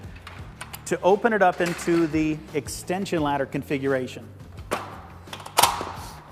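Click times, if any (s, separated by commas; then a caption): 5.6 s. A Little Giant Conquest All Terrain telescoping multi-position ladder is opened into its extension ladder configuration while someone talks, and its metal hinge swings until the lock pins seat with a loud metallic clunk at 5.6 s. The hinge is locked into place.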